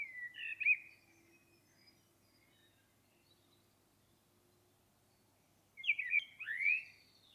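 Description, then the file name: Common blackbird song: the end of one phrase, a long quiet gap, then another phrase of swooping, squeaky notes. "Turdus merula"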